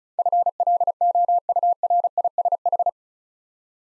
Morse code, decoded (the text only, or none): FLOURISH